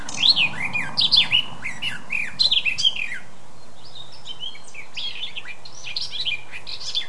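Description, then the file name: Eurasian blackcap song: rapid phrases of sweeping, up-and-down whistled notes and chattering, loud at the start then a softer, scratchier warble. "Sylvia atricapilla"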